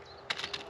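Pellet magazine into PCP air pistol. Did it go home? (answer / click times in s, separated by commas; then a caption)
yes / 0.3 s. A loaded pellet magazine with a plexiglass edge is pushed into a Hatsan Velox semi-auto .25 caliber PCP air pistol. A sharp click at 0.3 s is followed by two softer clicks at 0.4 s and 0.5 s. The magazine is seated.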